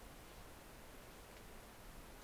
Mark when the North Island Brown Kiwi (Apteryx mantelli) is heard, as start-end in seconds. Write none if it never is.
none